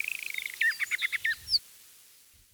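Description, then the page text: Eastern Orphean warbler song: a rapid run of short repeated notes, then a burst of richer slurred whistles ending in a high note, followed by quiet. "Eastern Orphean Warbler Song - Quick Sounds"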